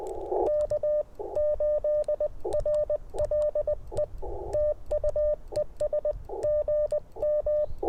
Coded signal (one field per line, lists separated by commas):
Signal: Morse code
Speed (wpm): 20 wpm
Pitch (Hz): 600 Hz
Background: radio noise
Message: K8RLE TU ES GM